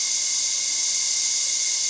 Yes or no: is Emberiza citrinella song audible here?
no